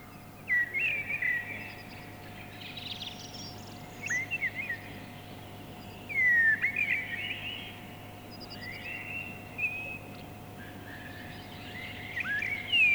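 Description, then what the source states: Mistle Thrush song: short fluting whistled phrases separated by pauses of a few seconds. Field recording from Finland, released 1988 on cassette.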